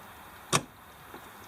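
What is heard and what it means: A new ignition key lock cylinder is pushed into the metal steering column housing of a 1984 Camaro. A single sharp click is heard at 0.6 s, followed by a faint softer tick around 1.1 s. The cylinder is confirmed seated in the column.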